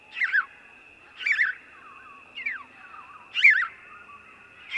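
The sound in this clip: House sparrow giving repeated harsh chirps, with a softer sliding note between them and a constant high whine behind.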